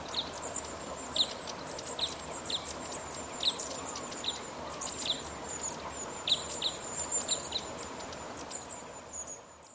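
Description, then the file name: Crossbill calls, sharp single notes spaced irregularly, sometimes in pairs, over a faint high whistling background. "isuka"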